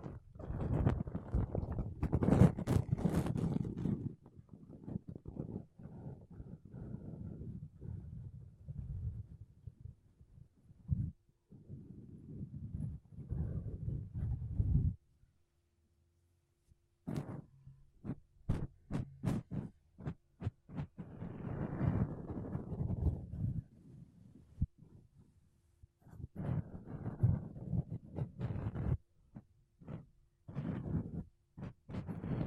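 Makeup brushes and a sponge rub across a microphone in bursts of soft, dense scratchy swishing, mostly low and muffled with brighter crackle at times. A near-silent break comes around 15 seconds, followed by quick sharp taps and then more brushing strokes.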